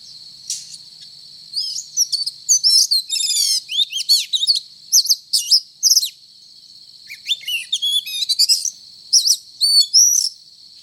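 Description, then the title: Oriental magpie-robin singing a long, varied string of sweet whistles, rapid trills and sharp slurred notes in bursts with brief pauses, against a constant high-pitched background tone. Described as gacor, singing vigorously. "Kacer Gacor"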